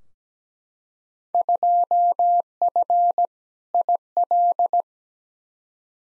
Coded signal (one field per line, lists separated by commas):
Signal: Morse code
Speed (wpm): 17 wpm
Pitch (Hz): 700 Hz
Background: none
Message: 2F IL